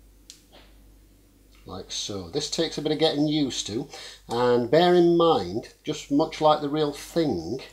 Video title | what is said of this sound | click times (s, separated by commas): Make a Film Leader Retriever For Free! Quick and Easy | until you hear a click like | 0.3 s